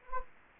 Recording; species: mosquito wingbeat signal from an infrared sensor; Anopheles gambiae